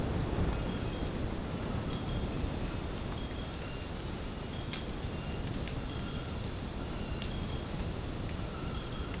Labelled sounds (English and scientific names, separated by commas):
none